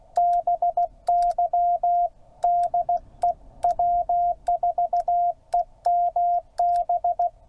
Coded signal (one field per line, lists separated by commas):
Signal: Morse code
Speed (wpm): 16 wpm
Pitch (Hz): 700 Hz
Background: radio noise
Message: BY DE W4EMB